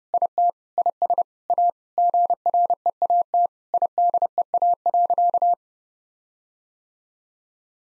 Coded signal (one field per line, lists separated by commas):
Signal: Morse code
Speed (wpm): 30 wpm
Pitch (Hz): 700 Hz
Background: none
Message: IT IS A GREAT IDEA.